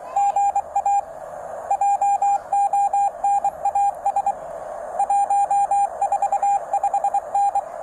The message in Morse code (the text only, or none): GA JONAS 145N